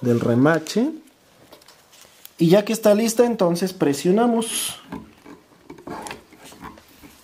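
Someone talks while handling a snap fastener rivet being set into jacket fabric with setting pliers, with a few faint ticks and taps of handling between the speech. The clip ends before the pliers are squeezed, so the rivet has not yet pressed home and nothing has clicked or seated yet.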